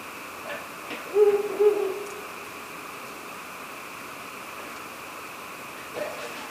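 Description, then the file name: Ural owl giving two short low hoots close together, with a few faint ticks and background hiss. "fukuro"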